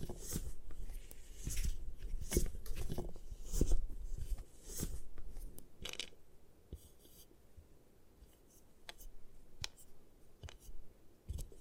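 Gym chalk being crushed and scraped in dry, gritty bursts with sharp clicks, busy for the first six seconds, then sparser and quieter.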